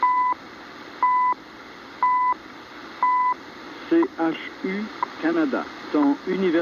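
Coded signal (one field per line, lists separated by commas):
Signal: radio time signal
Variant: CHU, French voice ID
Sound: four short 1 kHz second ticks, then a voice speaking over static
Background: radio static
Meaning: Each tone marks one second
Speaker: And while we're at it, let's get the French ID. Canada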